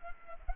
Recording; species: mosquito wingbeat signal from an infrared sensor; Culex pipiens